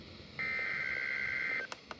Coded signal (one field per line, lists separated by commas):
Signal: Emergency Alert System (SAME) tones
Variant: header bursts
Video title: EAS Alerts from 6/22/23